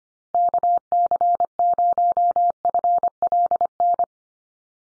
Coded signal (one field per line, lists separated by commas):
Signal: Morse code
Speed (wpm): 25 wpm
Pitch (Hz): 700 Hz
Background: none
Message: KC0FLN